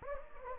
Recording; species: mosquito wingbeat signal from an infrared sensor; Anopheles gambiae